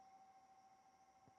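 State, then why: Not seated. A rubber Stalker hop-up bucking is being pressed onto the inner barrel of an LTX Competition airsoft gun, its nub lined up with the barrel opening, so it can seat around the ring. Only a steady hum and low background noise are heard, with a soft low handling rub near 1.3 s. Nothing has seated or clicked yet.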